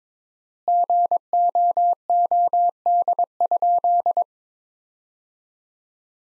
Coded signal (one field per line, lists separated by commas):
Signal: Morse code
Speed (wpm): 22 wpm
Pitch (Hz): 700 Hz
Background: none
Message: GOOD?